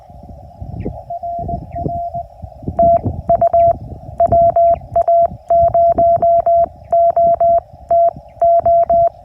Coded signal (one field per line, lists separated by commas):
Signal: Morse code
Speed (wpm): 20 wpm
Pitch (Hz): 680 Hz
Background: none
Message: RR TU WA0OTO